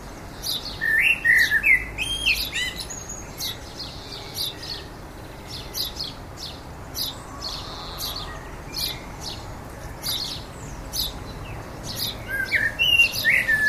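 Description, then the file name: Common blackbird giving fluted warbling phrases near the start and again at the end, each ending in thin squeaky notes, over steady high ticking calls. "Turdus merula"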